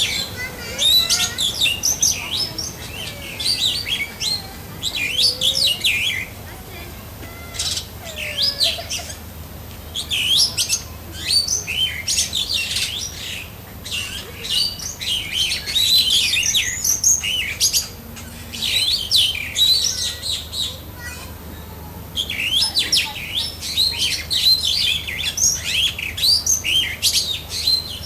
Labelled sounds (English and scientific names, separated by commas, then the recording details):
Superb Starling (Lamprotornis superbus) song
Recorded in captivity
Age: adult
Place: Zoo Berlin, Berlin, DE
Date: 2005-08-10 16:43
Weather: overcast, 16°C
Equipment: Sony WM-D6C, Sennheiser ME 80, Kopie Uher 4000 Report Monitor
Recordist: Tembrock, Günter